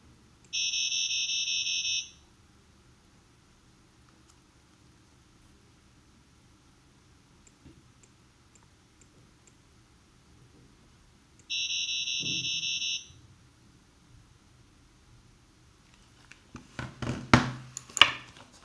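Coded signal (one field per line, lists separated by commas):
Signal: data over sound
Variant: FSK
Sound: two short buzzy multi-tone data bursts, then clicking and knocking noises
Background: room noise, clicks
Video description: Now using FSK (frequency-shift keying) instead of the simple on-off keying.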